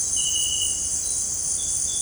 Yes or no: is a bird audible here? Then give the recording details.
no. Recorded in dense forest near Puerto Asís, Putumayo, Colombia, on 20 December 2024 at 18:00. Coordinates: 0.466, -76.327. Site G075